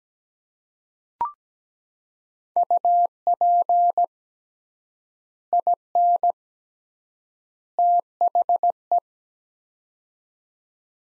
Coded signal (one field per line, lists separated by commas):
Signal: Morse code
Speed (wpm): 17 wpm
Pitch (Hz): 700 Hz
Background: none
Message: UP IN THE